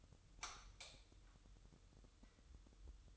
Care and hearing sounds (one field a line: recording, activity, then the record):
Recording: daily activity, microphone in the room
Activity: light off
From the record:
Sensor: 3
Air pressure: 988.4 hPa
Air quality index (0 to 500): 191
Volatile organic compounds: 263 ppm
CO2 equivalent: 4393 ppm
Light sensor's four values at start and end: 11/28/11/11 and 8/19/8/8